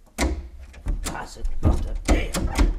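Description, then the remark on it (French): A poorly closing door bangs and rattles several times in an uneven rhythm, each loud thunk followed by a short rattling clatter as it fails to latch. “Encore une petite chose, maintenant, pour le colonel Troublet-Chobard, de la part de son cher Maurice, une porte qui ferme mal.”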